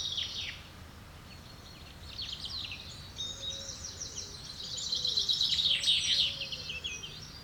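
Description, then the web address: Bird song in woodland: high chirps and trills, growing busier after two seconds. "Birds, Insects Animals - Birds woodland"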